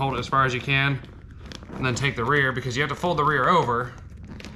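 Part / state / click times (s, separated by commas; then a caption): seat cover retainer strip into seat frame channel / not seated / none. Someone talks while handling the rear edge of a faux-leather seat cover for a Firebird seat, getting ready to fold it over and push its flat-edged plastic retainer strip into the seat frame channel. Two faint, brief ticks are heard near 4.4 s, but nothing has seated or clicked yet.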